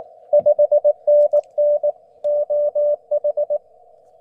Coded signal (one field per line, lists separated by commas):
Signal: Morse code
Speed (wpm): 20 wpm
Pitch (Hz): 590 Hz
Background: none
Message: 5NN OH